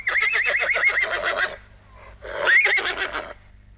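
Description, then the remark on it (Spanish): A horse neighs twice: first a long, shrill, quavering whinny, then after a brief pause a shorter whinny that rises in pitch. The sound is loud and stands alone, with no talking. “¡Caballo!”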